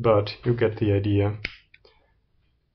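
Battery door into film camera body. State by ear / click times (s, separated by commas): seated / 1.7 s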